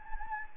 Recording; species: mosquito wingbeat signal from an infrared sensor; Anopheles gambiae